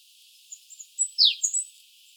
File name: Cyanistes caeruleus